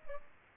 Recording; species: mosquito wingbeat signal from an infrared sensor; Culex pipiens